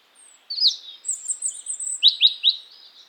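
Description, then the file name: European robin singing a brief phrase: thin high drawn-out notes followed by three quick, bright notes. "Erithacus rubecula"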